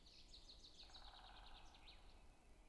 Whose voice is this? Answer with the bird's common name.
Great Spotted Woodpecker